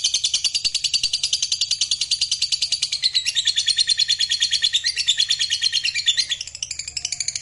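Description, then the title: Lovebird giving a long, fast chattering trill of rapid high notes, continuous for the whole stretch. Fighter lovebird giving a long ngekek trill. "Begitu Dengar Suara Lovebird FIGHTER NGEKEK PANJANG"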